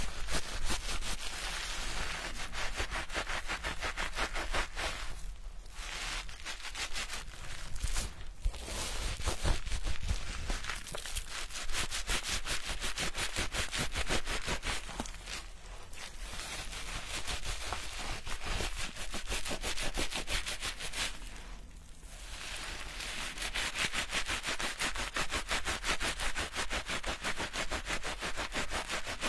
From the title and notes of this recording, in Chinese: 沉浸式洗头体验 & 头皮按摩。